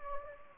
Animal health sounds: mosquito wingbeat signal from an infrared sensor; Anopheles gambiae

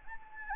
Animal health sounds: mosquito wingbeat signal from an infrared sensor; Anopheles gambiae

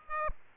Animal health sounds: mosquito wingbeat signal from an infrared sensor; Aedes aegypti

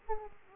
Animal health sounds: mosquito wingbeat signal from an infrared sensor; Aedes aegypti

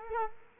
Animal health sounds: mosquito wingbeat signal from an infrared sensor; Culex quinquefasciatus

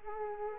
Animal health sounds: mosquito wingbeat signal from an infrared sensor; Culex quinquefasciatus

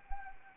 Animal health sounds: mosquito wingbeat signal from an infrared sensor; Anopheles arabiensis

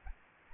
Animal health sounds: mosquito wingbeat signal from an infrared sensor; Anopheles gambiae

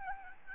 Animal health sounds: mosquito wingbeat signal from an infrared sensor; Aedes albopictus

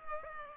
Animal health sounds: mosquito wingbeat signal from an infrared sensor; Culex pipiens

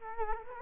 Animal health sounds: mosquito wingbeat signal from an infrared sensor; Culex quinquefasciatus

